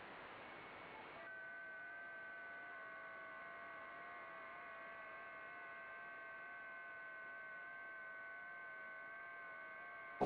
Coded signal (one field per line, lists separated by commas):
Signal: FT8